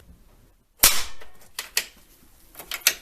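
After slack is added to one cable so they unlock at the same time, both cable-released latches in a car are pulled open and release together with a single loud click at 0.8 s. Quieter sharp clicks follow at about 1.6, 1.8 and 2.9 s. Both latches are confirmed released in unison, a result on par with factory parts.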